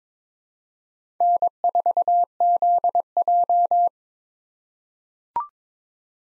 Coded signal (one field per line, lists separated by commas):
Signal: Morse code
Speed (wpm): 22 wpm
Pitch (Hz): 700 Hz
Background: none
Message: N4ZJ